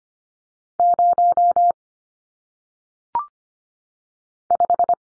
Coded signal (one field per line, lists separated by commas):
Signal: Morse code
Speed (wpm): 25 wpm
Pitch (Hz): 700 Hz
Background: none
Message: 0 5